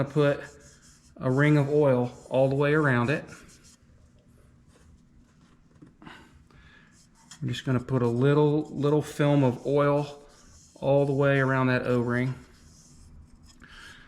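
On a 2018-2023 Volkswagen, oil is being wiped as a thin film around the rubber O-ring of a new oil filter element before it is snapped into the oil filter housing cap. Someone talks in bursts, with a quieter stretch of faint handling and rubbing sounds and a couple of brief soft ticks around 6.5 and 7.3 seconds. Nothing has been pushed home or clicked into place yet.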